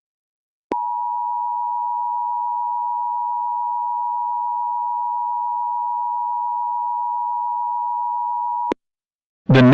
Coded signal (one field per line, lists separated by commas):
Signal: Emergency Alert System (SAME) tones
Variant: 853 and 960 Hz attention tone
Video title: (EAS Scenario) The East Coast Tsunami Disaster